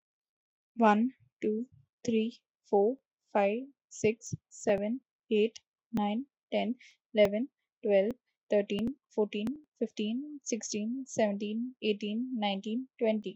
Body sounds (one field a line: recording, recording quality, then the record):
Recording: counting at a normal pace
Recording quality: excellent, no background noise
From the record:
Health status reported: healthy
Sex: female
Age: 27 years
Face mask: not worn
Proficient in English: yes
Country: India